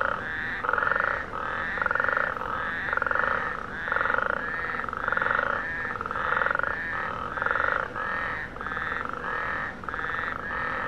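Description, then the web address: Frog croaking, rattling pulsed calls massed into bursts about once a second, over steady background noise. "aanipaa sounds sammakot"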